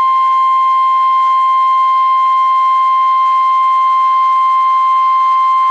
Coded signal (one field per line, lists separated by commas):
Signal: Emergency Alert System (SAME) tones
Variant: 1050 Hz attention tone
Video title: comcast tornado warning 1 A.K.A a real eas tornado warning (Fulton County Georgia)